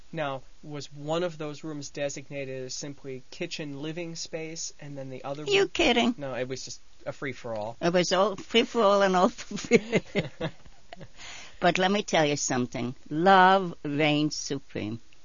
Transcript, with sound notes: Now, was one of those rooms designated as simply kitchen/living space, and then the other...
Are you kidding?
No, it was just a free-for-all?
It was a free-for-all, and all for free. ( they laugh ) But let me tell you something. Love reigns supreme.